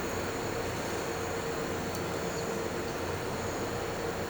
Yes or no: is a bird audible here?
no